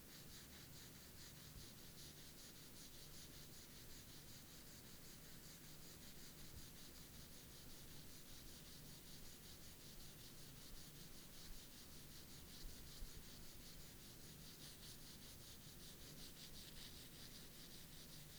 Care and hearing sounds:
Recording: daily activity, guitar pickup as the sensor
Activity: brush teeth

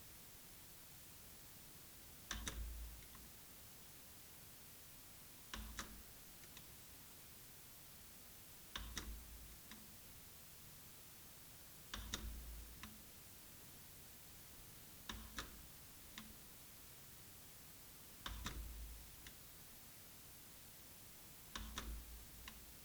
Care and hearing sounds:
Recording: daily activity, guitar pickup as the sensor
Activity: manipulate door

